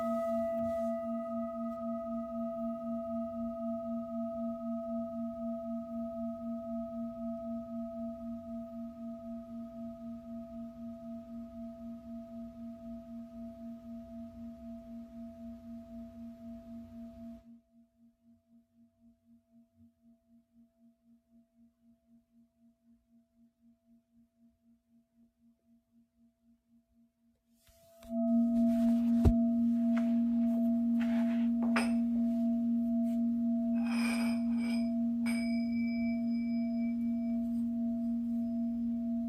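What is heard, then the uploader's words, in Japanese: A singing bowl hums a steady low tone that slowly fades, drops to near silence, then rings out loudly again with faint knocks. 深夜のメキシコから シンギングボウルのサウンドヒーリング ライブ。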